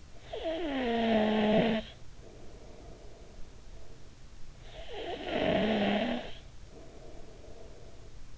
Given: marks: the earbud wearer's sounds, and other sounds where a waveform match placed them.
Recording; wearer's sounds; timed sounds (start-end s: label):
sounds in sleep by an in-ear microphone; snoring breath
0.07-4.23 s: snoring breath
4.49-8.38 s: snoring breath